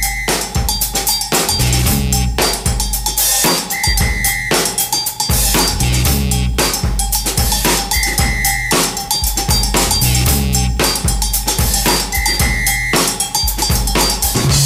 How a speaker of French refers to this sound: T'as suivi la mélodie du sifflet parfaitement. Je l'aime, cette entrée-là.